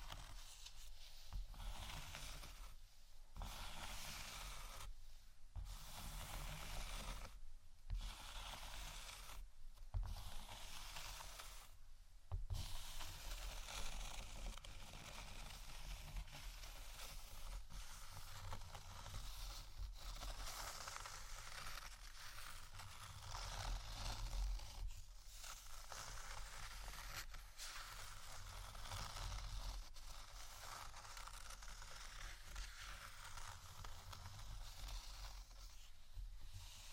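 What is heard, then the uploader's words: Scratching runs nearly without pause, a dense, rough hiss reaching up into the brightest range. Over the first twelve seconds it breaks off in short, regular gaps about every two seconds, then carries on continuously with slow swells in loudness over a steady low rumble. ASMR Scratching Only（No Talking）.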